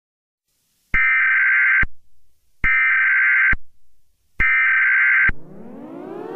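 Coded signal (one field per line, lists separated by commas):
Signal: Emergency Alert System (SAME) tones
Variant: header bursts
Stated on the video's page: Fake, simulated Emergency Alert System scenario about an asteroid impact; never actually happened.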